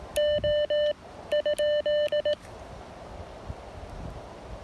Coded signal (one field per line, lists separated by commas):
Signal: Morse code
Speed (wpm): 18 wpm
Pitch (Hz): 600 Hz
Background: none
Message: O ?